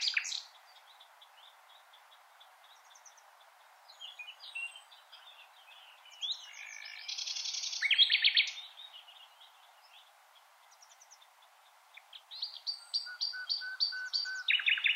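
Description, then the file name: Common nightingale song: separate varied phrases of rapid repeated notes, buzzy trills and clear whistles, with short pauses between phrases and a loud rattling burst near the middle. "Luscinia megarhynchos"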